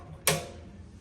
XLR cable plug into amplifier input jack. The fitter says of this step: And as you can see, they snap right into place.